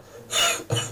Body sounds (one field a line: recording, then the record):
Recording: coughing mixed with background sound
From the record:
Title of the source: Cough Around the Clock!